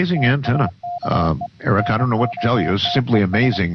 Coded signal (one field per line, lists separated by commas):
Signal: Morse code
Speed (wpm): 26 wpm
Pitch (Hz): 700 Hz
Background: speech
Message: TAKE NOTES